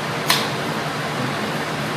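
An IKEA PEPPRIG broom, aluminum in color, is pressed into its holder on the dustpan handle. It snaps home with one sharp click at 0.3 s over a steady background hum. The broom is seated in the dustpan holder.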